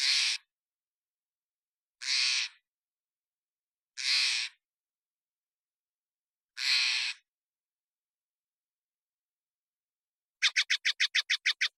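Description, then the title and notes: Steller's jay calling with four harsh, grating notes spaced a few seconds apart, then a fast rattling burst of many short clipped notes. Calls from the Pacific Northwest, Washington, United States; parabolic single-species recording, processed for clarity with natural pace and rhythm kept. "Steller's Jay, Cyanocitta stelleri, calls, Recorded in the beautiful Pacific Northwest, Washington, United States"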